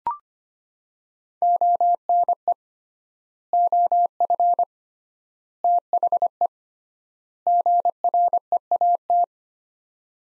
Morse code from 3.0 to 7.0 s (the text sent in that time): OF THE